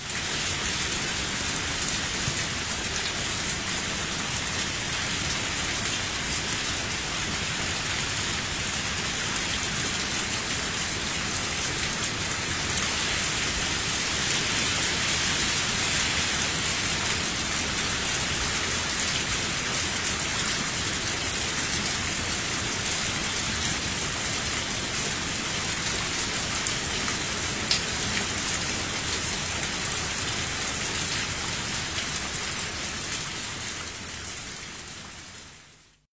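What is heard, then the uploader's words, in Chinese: Spring rain falls steadily, a dense, even hiss of countless drops with a bright, airy top and a soft low rumble beneath. The downpour holds a constant level throughout, with only the odd sharper drop standing out, before fading away at the very end. 大自然的声音_春雨。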